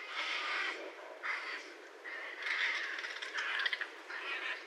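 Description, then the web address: Raccoon screeches: several separate hoarse, drawn-out squalls of varying length, with short pauses between them and a choppy final stretch. Recorded 30 January 2012. "sounds mammals Raccoon 2012 01 30"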